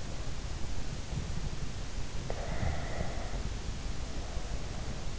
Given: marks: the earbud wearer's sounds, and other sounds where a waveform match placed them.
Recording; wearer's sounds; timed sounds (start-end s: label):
sounds in sleep by an in-ear microphone; breath
2.19-5.19 s: breath